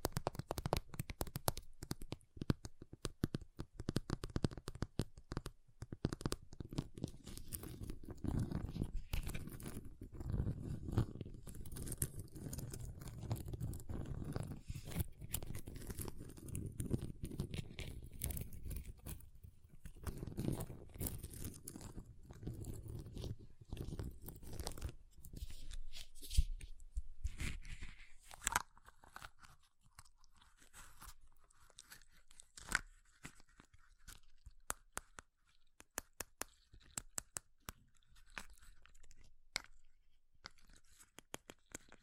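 Ice is tapped, scratched and carved in dense crunching bursts, heavy and low for the first half, then thinner, sparser scraping clicks.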